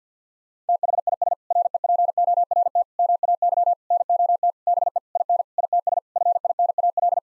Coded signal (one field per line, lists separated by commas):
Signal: Morse code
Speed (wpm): 50 wpm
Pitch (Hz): 700 Hz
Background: none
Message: THIS REPORT MAY NOT BE IN ITS FINAL